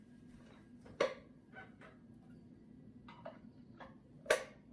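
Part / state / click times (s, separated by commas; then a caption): beater attachment into hand mixer socket / seated / 1.0 s, 4.3 s. Metal beater attachments are pushed into the sockets under a plastic hand mixer, no button press needed, and each clicks into place so it is steady and ready. Faint scraping and tapping lead to two sharp clicks at 1.0 s and 4.3 s, with softer knocks around 3.1 to 3.8 s. Both beaters are seated.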